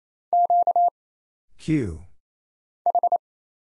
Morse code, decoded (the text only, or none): QH